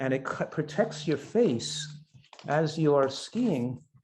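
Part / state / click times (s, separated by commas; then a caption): face piece into ski helmet / not seated / none. A ski helmet's detachable face piece is being handled against the helmet shell while someone talks. Nothing has seated or clicked yet, and the face piece is not yet snapped in place.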